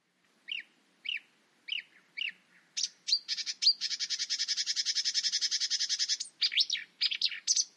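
Bird calls: four spaced chirps, then a long, rapid, buzzy trill, ending with several loud, sharp notes.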